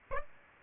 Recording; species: mosquito wingbeat signal from an infrared sensor; Aedes aegypti